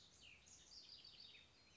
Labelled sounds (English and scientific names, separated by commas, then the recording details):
Cassin's Vireo (Vireo cassinii)
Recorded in Sonoma County, California